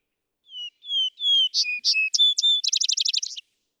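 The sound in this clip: Vesper sparrow song: three sliding whistles, several separate higher notes, then a short, even, rapid trill at the close.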